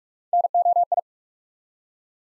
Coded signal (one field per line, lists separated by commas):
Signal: Morse code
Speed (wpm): 44 wpm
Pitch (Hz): 700 Hz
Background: none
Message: NOI